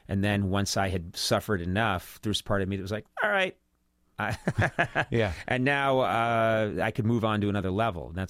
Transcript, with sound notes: And then once I had suffered enough, there was a part of me that was like all right...
(LAUGHTER)
Yeah.
And now I could move on to another level.